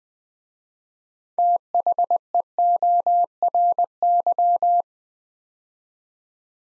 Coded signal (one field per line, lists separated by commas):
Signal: Morse code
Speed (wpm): 20 wpm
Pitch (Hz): 700 Hz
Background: none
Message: THEORY